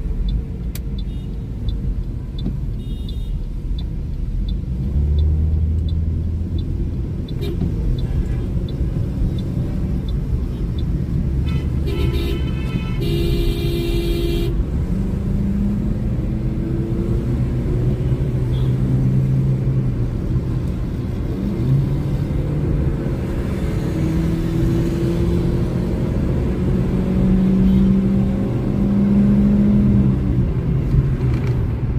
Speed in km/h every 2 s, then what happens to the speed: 20, 18, 31, 41, 46, 46, 42, 51, 61, 67, 72, 82, 90, 98, 100, 89.
2-7 speeds up to 46. 7-13 steady at about 46. 13-28 speeds up to 100. 28-32 brakes to 89.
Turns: none.